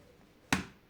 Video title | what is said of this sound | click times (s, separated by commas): #achat nouvelle machine de découpe sur #temu pour le #scrapbooking | Voilà, le clac par laquelle c'est bien devant. | 0.5 s